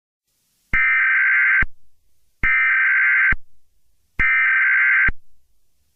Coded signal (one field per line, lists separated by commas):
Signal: Emergency Alert System (SAME) tones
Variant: header bursts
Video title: EAS Scenario | Smile Dog (#93)